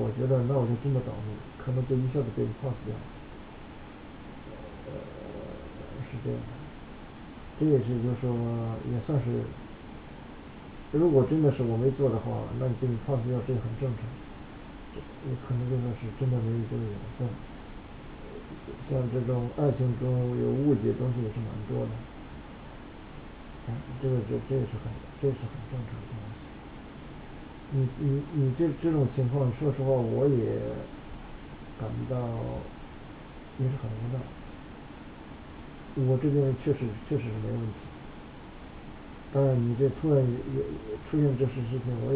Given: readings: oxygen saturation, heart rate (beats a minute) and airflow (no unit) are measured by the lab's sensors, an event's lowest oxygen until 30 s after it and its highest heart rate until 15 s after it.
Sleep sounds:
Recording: a person awake in a sleep study, by a voice recorder at the bedside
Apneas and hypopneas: none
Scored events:
0.00-42.15 s: awake
From the record:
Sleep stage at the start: awake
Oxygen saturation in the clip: 95 to 96%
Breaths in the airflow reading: 10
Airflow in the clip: -3.6 to 4.1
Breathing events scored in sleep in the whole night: 216 in 7.0 hours asleep

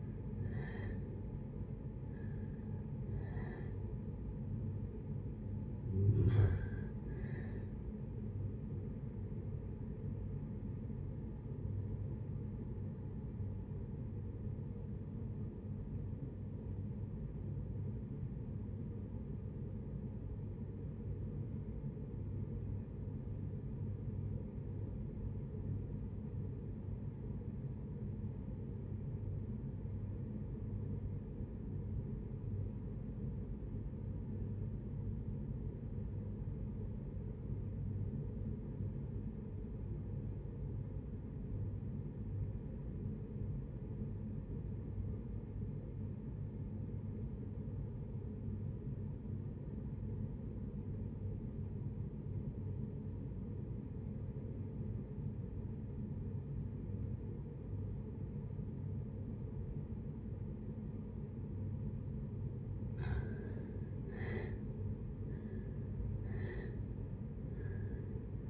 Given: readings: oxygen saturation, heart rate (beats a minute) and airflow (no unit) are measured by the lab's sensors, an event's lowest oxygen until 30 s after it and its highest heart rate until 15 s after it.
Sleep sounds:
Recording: breathing in sleep by a smartphone at the bedside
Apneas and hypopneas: 1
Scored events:
14.00-63.40 s: obstructive apnea (REM, oxygen 94% highest, then 60% lowest, heart rate 63 at the start, 84 highest)
52.00-68.50 s: new sleep stage, N1 (lightest sleep)
From the record:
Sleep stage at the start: REM sleep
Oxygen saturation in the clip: 65 to 94%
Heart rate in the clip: 54 to 80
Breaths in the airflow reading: 6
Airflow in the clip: -7.2 to 7.3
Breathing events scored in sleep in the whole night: 496 in 5.4 hours asleep

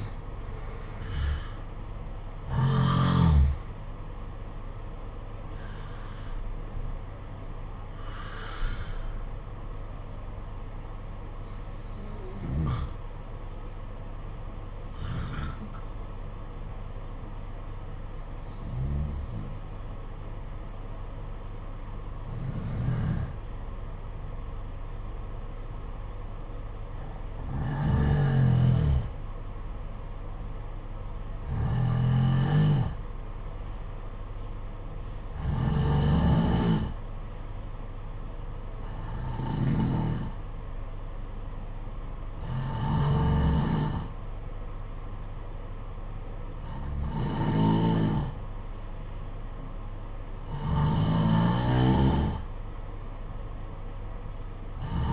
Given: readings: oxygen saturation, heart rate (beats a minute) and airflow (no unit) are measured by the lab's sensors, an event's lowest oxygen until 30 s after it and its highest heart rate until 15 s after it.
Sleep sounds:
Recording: breathing in sleep by a smartphone at the bedside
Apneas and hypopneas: 1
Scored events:
11.00-29.80 s: hypopnea (N1, oxygen 94% highest, then 91% lowest, heart rate 59 at the start, 61 highest)
From the record:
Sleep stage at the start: N1 (lightest sleep)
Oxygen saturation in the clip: 87 to 94%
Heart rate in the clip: 56 to 64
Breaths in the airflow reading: 13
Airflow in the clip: -9.7 to 6.6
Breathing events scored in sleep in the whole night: 476 in 9.7 hours asleep

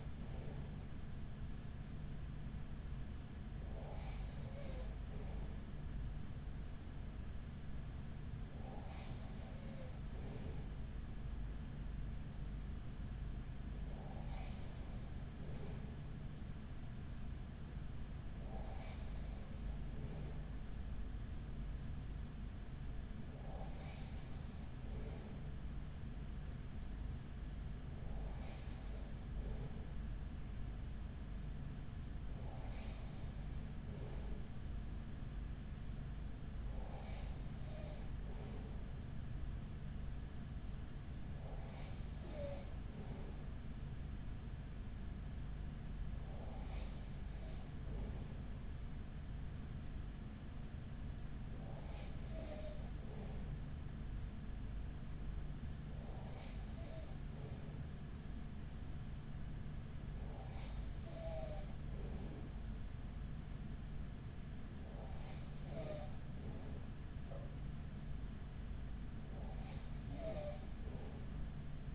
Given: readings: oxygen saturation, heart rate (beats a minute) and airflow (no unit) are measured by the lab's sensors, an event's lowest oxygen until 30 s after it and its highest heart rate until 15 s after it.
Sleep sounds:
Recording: breathing in sleep by a smartphone at the bedside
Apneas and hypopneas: none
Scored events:
none scored
From the record:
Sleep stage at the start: N2 (light sleep)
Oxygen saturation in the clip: 94 to 95%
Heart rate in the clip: 40 to 44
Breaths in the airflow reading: 16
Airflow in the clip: -5.1 to 4.2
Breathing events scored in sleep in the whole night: 207 in 7.6 hours asleep

